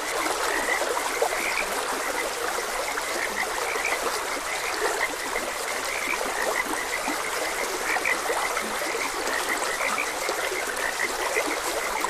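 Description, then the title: Frog croaks pulse steadily from many callers, blending into a constant chorus over a broad hiss of running stream water. Frogs croaking beside a gentle stream. "Gentle Stream and Frogs Croaking"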